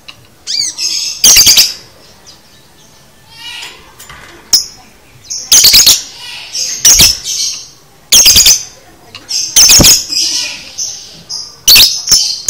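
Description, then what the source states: Lovebird giving shrill, harsh squawking bursts about every one to two seconds, with softer scratchy chattering in the gaps between them. Used to train the konslet chatter style.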